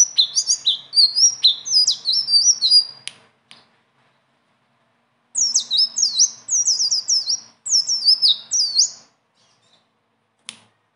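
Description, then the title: Leafbird song: rapid runs of high, chattering, downward-slurred whistles in long rolling bursts, broken by a few pauses. Continuous rolling song (gacor, ngeroll) filled with varied phrases (isian); tutor song (masteran) for training other birds. "BURUNG SELENDANG BIRU GACOR NGEROLL ISIAN"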